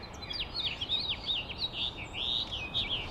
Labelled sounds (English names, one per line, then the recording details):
House Finch song
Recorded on Long Island, New York, on 8 April 2011
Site BN
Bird B